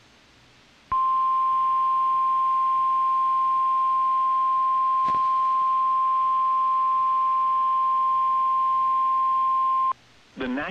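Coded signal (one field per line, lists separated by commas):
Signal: Emergency Alert System (SAME) tones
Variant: 1050 Hz attention tone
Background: speech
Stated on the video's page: NOAA Weather Radio tornado warning from the Cincinnati area.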